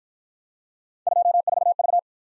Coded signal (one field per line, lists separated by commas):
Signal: Morse code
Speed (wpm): 51 wpm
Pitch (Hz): 700 Hz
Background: none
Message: 24V